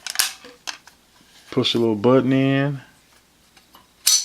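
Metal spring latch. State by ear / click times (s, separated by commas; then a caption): released / 4.1 s. A small release button is pushed on a folding sight, freeing it from its upright lock on the rail mount, and the sight folds down flat. Light clicks and handling come first, then someone talks, and a sharp snap at 4.1 s marks the sight folding down.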